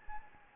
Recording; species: mosquito wingbeat signal from an infrared sensor; Anopheles gambiae